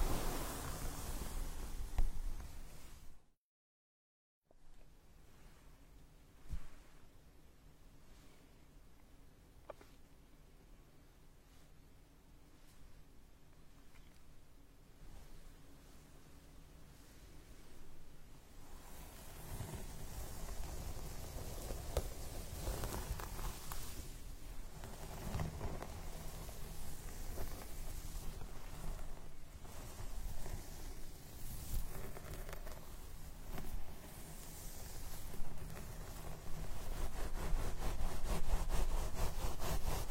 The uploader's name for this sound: Comb hair and scalp massage